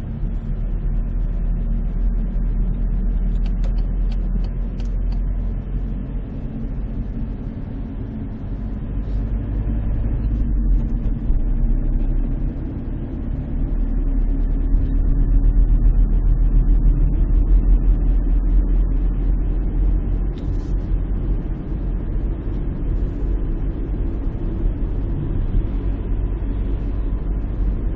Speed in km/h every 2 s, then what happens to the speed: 19, 20, 21, 22, 25, 25, 28, 30, 32, 33, 34, 35, 36, 37.
0-28 speeds up to 37.